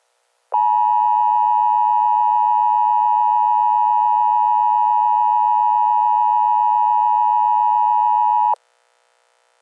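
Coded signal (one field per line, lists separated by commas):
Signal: Emergency Alert System (SAME) tones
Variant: 853 and 960 Hz attention tone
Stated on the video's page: Fictional EAS notification made up from a story series, not a real alert.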